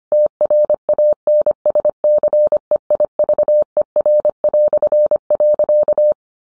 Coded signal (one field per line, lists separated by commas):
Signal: Morse code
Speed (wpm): 25 wpm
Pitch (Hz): 600 Hz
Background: none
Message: TRANSCEIVER".